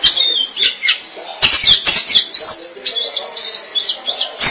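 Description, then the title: Oriental magpie-robin song, quick scratchy and whistled phrases with several loud clicks, fairly continuous. Chirping song (kicauan) of the bird. "Suara Kicauan Burung Kacer Durasi Panjang"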